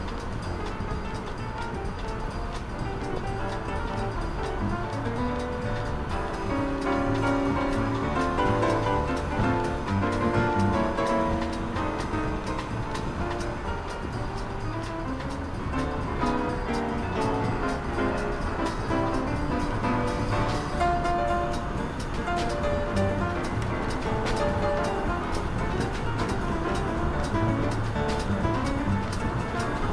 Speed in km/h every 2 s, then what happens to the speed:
64, 64, 63, 62, 63, 63, 62, 63, 65, 67, 69, 70, 72, 73, 73.
0-14 steady at about 63. 14-30 speeds up to 73.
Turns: none.